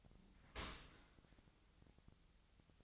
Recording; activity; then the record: daily activity, microphone in the room; open dishwasher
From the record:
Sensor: 3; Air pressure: 1003.1 hPa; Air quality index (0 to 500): 197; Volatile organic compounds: 6 ppm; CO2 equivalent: 1919 ppm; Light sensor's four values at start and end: 23/58/24/26 and 23/58/24/26